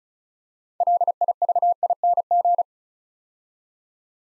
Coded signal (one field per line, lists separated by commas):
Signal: Morse code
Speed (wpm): 36 wpm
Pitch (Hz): 700 Hz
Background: none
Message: LIVING